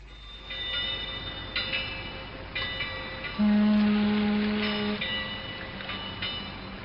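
A train rumbles past with steady mechanical noise, periodic metallic clanks and a loud, sustained low horn-like tone swelling in the middle before fading back into the rolling clatter.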